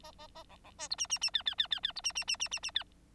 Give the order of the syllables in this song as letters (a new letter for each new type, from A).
A A A B B C D E E E F F F F F D E E E E E E F